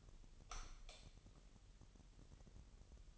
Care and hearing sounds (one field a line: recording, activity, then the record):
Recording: daily activity, microphone in the room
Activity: light off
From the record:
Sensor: 4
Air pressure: 989.2 hPa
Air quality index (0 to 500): 219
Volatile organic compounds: 74 ppm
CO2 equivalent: 3552 ppm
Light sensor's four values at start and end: 27/92/34/36 and 25/80/30/30